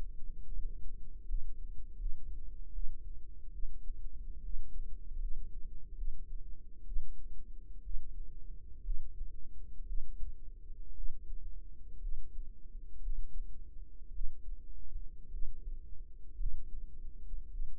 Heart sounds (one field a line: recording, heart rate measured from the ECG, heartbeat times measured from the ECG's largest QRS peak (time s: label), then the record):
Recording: heart sounds by microphone in the right ear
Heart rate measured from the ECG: 64 bpm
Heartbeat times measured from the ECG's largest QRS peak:
0.54 s: heartbeat
1.27 s: heartbeat
1.99 s: heartbeat
2.73 s: heartbeat
3.52 s: heartbeat
4.43 s: heartbeat
5.19 s: heartbeat
5.96 s: heartbeat
6.85 s: heartbeat
7.83 s: heartbeat
8.83 s: heartbeat
9.86 s: heartbeat
10.95 s: heartbeat
12.00 s: heartbeat
13.01 s: heartbeat
14.12 s: heartbeat
15.31 s: heartbeat
16.36 s: heartbeat
17.50 s: heartbeat
From the record:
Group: healthy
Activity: rest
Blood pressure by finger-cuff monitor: 97/60 mmHg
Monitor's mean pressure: 71 mmHg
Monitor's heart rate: 61 bpm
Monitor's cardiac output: 5.7 L/min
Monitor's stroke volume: 86 mL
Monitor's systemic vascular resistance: 910 dyn s/cm5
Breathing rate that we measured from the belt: 16 breaths a minute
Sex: female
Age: 28 years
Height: 170 cm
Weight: 77 kg